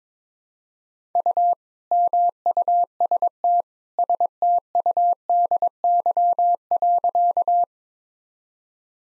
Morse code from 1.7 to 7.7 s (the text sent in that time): MUST STUDY.